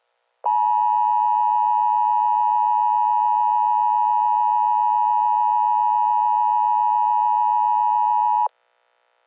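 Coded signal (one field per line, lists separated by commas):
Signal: Emergency Alert System (SAME) tones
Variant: 853 and 960 Hz attention tone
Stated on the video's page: Fictional EAS scenario episodes; the alert tones are part of simulated, made-up emergencies.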